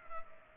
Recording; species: mosquito wingbeat signal from an infrared sensor; Culex pipiens